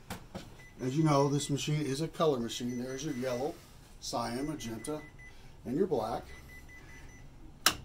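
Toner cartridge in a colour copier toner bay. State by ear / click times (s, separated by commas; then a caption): released / 7.7 s. A toner cartridge is released in the toner bay of a Kyocera TA 308ci colour copier after the toner door is opened. Someone talks through most of the clip, and a single sharp click at 7.7 s marks the cartridge lock springing open so the cartridge comes up.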